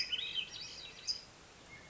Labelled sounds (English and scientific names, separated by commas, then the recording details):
Swainson's Thrush (Catharus ustulatus)
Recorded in Sonoma County, California